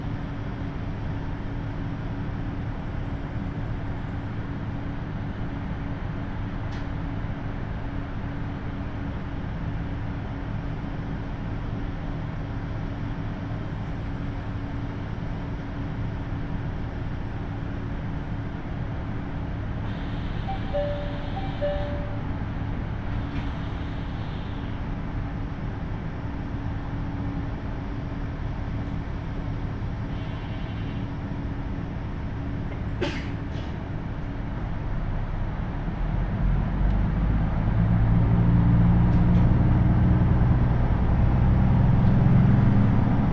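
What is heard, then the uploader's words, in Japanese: A KiHa 75 diesel train rolls along the Takayama Main Line between Gifu and Mino-Ota, with a steady low engine drone and constant rumble under a faint high whine. Two brief tones sound near twenty-two seconds, a sharp click comes around thirty-three, and the low engine swells louder from about thirty-six seconds onward. 高山本線 岐阜→美濃太田（キハ75）。車両はキハ75系で快速みえ号にも使われています。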